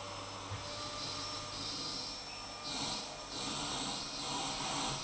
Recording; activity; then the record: daily activity, microphone in the room; vacuum cleaning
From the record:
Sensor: 1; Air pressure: 991.0 hPa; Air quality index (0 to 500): 118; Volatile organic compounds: 173 ppm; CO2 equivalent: 4118 ppm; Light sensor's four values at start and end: 19/45/19/21 and 19/45/19/21